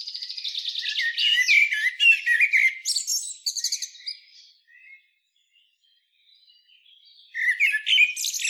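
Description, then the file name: Common blackbird sounding dense, high chattering twitters that fade out midway, then a few seconds of near quiet before another scratchy burst begins. "Turdus merula"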